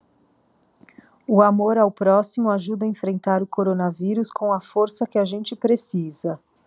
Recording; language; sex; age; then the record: spoken sentence; Brazilian Portuguese; female; 40 to 49 years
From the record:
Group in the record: control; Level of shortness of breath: 0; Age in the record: 44 years